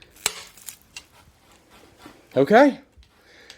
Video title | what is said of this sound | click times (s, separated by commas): 5 Star Electric Scooter: MEGAWHEELS Electric Scooter, 3 Gears, Max Speed 15.5MPH | This one locked in place without any play, so that's a good sign so far. | 0.3 s